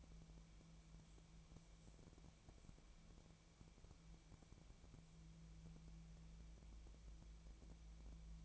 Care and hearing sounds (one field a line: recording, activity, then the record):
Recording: daily activity, microphone in the room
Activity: wipe stove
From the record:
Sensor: 1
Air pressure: 1000.5 hPa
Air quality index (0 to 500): 182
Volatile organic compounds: 4 ppm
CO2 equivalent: 1679 ppm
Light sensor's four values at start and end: 12/28/12/14 and 12/28/12/13